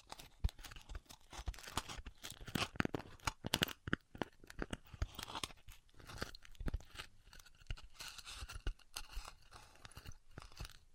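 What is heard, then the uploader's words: Styrofoam being cut, heard as a dense run of crackling, crunching bursts with sharp squeaky snaps scattered throughout. The noise is busiest in the first four seconds, thins briefly, then returns as a steadier rough crackle through the end. ASMR Styrofoam Heat Cutting (No Talking).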